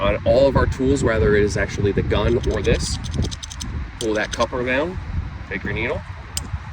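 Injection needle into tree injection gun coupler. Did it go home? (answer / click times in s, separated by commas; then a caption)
yes / 6.4 s. An injection needle is pushed onto the pulled-down quick coupler of a tree-injection gun while someone talks. At 6.4 s a sharp, short click is heard as the needle seats in the coupler.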